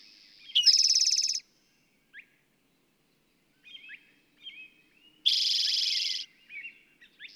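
Bird song: two loud pulsed buzzy trills, each about a second long, with soft chips and twittering notes between.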